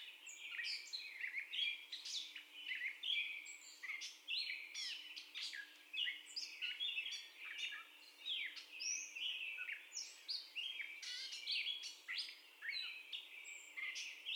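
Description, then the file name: Catbird song with a busy string of clicks, squeals and slurred whistles, phrases tightly packed and ever-varied throughout. First song, recorded 30 May 2021. "2021-05-30 Catbird First Song"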